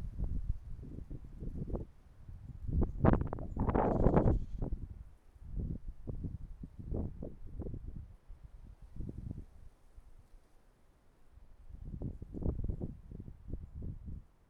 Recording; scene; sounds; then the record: everyday scene through a hearing-aid microphone; wind on the microphone; wind, traffic, birds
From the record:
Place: suburban garden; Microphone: behind the ear, right, rear